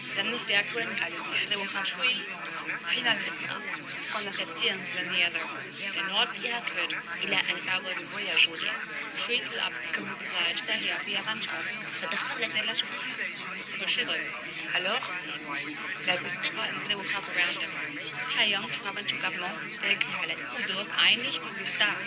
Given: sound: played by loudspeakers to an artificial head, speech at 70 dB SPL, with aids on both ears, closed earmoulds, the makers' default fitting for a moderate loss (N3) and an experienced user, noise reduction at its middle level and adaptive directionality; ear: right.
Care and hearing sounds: speech test signal (ISTS) in cocktail-party noise; -6 dB; on the right (90 degrees)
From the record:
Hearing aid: class 2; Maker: G

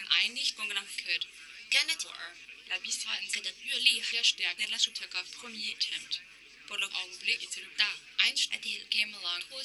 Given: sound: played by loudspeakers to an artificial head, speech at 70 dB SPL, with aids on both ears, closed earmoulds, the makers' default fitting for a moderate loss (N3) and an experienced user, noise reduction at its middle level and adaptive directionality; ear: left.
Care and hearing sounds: speech test signal (ISTS) in cocktail-party noise; +9 dB; in front (0 degrees)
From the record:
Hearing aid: class 2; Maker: H

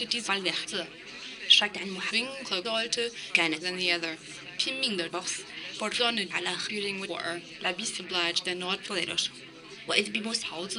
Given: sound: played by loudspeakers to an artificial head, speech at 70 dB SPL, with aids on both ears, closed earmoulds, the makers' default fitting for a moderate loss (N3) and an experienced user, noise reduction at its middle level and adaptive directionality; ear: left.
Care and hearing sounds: speech test signal (ISTS) in cocktail-party noise; +9 dB; in front (0 degrees)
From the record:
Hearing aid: class 2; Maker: B

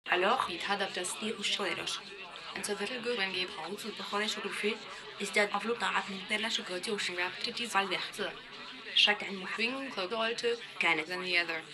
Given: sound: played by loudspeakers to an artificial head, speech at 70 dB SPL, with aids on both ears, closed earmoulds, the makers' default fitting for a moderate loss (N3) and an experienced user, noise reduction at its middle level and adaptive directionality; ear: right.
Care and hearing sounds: speech test signal (ISTS) in cocktail-party noise; +9 dB; in front (0 degrees)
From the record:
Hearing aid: class 1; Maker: E

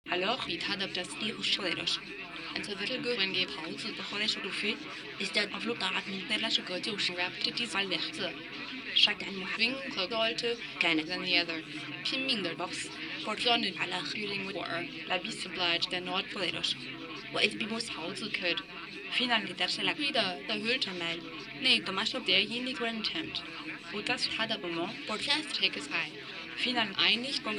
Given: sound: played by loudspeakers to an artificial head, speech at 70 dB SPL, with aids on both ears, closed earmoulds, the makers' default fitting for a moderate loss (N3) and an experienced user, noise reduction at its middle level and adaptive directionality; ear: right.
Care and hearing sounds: speech test signal (ISTS) in cocktail-party noise; +3 dB; on the right (90 degrees)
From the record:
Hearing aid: class 2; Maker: D

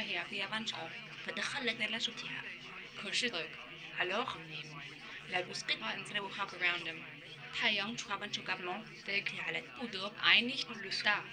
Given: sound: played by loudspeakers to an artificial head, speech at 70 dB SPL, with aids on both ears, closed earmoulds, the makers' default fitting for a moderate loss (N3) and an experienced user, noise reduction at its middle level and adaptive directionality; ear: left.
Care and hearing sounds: speech test signal (ISTS) in cocktail-party noise; +6 dB; in front (0 degrees)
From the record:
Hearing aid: class 2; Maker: F

